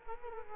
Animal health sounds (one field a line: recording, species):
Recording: mosquito wingbeat signal from an infrared sensor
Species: Culex quinquefasciatus